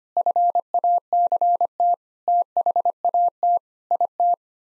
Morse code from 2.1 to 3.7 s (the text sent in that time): THAT